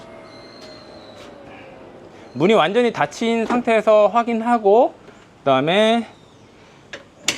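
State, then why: Seated. Someone talks while a tilted Thule Epos / EasyFold XT bike carrier is pushed back upright after being opened for trunk access, followed by a faint tick at 6.9 s. A sharp clunk at 7.3 s marks the carrier's tilt latch engaging, so the carrier is seated and locked upright.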